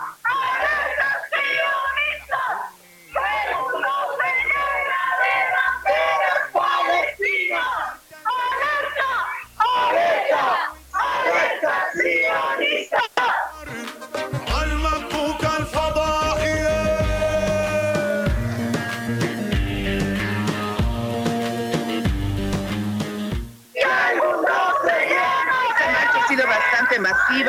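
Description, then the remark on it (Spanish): A protest crowd of young people, adults and various collectives shouts and chants in a plaza in Cochabamba in support of Palestine and against the destruction of Gaza, loud massed voices rising and falling in bursts, with a stretch of drumming or rhythmic pounding in the middle before the shouting returns. “Se han reunido jóvenes, gente adulta, diferentes colectivas para gritar en voz en cuello que pare este genocidio que está arrasando con Gaza.”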